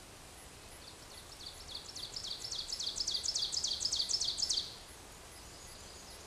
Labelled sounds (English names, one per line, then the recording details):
Ovenbird song
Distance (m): 20 m
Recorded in a Pennsylvania forest on 17 May 2023 at 13:30
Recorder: AudioMoth, point grid1_26_low
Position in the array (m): 175 m, 12 m